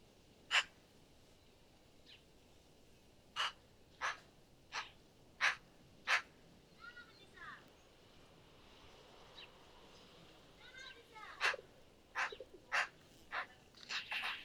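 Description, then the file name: Eurasian magpie repeating harsh, dry single notes in loose runs, broken by a softer patch where other bird notes are heard. "Pica pica"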